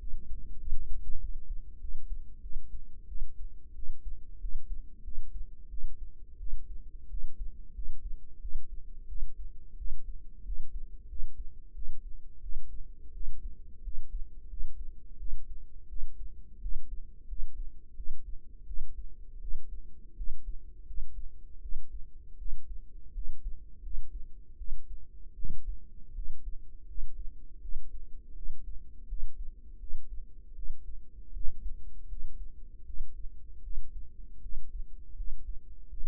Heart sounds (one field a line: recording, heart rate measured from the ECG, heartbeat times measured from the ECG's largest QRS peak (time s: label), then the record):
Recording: heart sounds by microphone in the right ear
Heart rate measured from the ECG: 85 bpm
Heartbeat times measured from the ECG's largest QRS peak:
0.59 s: heartbeat
1.19 s: heartbeat
1.79 s: heartbeat
2.41 s: heartbeat
3.07 s: heartbeat
3.74 s: heartbeat
4.40 s: heartbeat
5.03 s: heartbeat
5.69 s: heartbeat
6.38 s: heartbeat
7.09 s: heartbeat
7.74 s: heartbeat
8.40 s: heartbeat
9.07 s: heartbeat
9.77 s: heartbeat
10.44 s: heartbeat
11.08 s: heartbeat
11.74 s: heartbeat
12.41 s: heartbeat
13.13 s: heartbeat
13.83 s: heartbeat
14.49 s: heartbeat
15.18 s: heartbeat
15.88 s: heartbeat
16.60 s: heartbeat
17.27 s: heartbeat
17.95 s: heartbeat
18.66 s: heartbeat
19.40 s: heartbeat
20.16 s: heartbeat
20.86 s: heartbeat
21.61 s: heartbeat
22.37 s: heartbeat
23.13 s: heartbeat
23.82 s: heartbeat
24.57 s: heartbeat
25.34 s: heartbeat
26.14 s: heartbeat
26.86 s: heartbeat
27.60 s: heartbeat
28.34 s: heartbeat
29.07 s: heartbeat
29.78 s: heartbeat
30.54 s: heartbeat
31.32 s: heartbeat
32.07 s: heartbeat
32.84 s: heartbeat
33.61 s: heartbeat
34.40 s: heartbeat
35.15 s: heartbeat
35.88 s: heartbeat
From the record:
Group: healthy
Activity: rest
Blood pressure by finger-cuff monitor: 98/62 mmHg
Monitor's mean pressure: 71 mmHg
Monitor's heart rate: 86 bpm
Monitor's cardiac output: 6.9 L/min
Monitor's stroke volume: 80 mL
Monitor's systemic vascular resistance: 760 dyn s/cm5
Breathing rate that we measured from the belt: 20 breaths a minute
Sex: female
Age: 19 years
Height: 163 cm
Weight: 48.9 kg